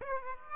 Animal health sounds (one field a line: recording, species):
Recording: mosquito wingbeat signal from an infrared sensor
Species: Aedes aegypti